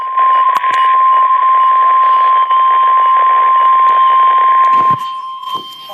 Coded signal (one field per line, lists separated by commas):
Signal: Emergency Alert System (SAME) tones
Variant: 1050 Hz attention tone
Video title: SVA on WXM74 (3/30/24) EAS 2225